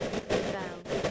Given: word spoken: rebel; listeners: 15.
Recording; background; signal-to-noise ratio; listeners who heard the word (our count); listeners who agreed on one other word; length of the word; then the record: one English word in noise, from a listening test; noise modulated by three-talker babble; -7.1 dB; 0 of 15; 6 of 15; 0.71 s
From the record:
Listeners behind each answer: 6, 4, 1, 1, 1, 1, 1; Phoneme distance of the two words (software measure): 24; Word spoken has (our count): 2 syllables, 5 phonemes, stress on syllable 2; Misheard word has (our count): 1 syllable, 3 phonemes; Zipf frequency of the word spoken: 3.95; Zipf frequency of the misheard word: 4.83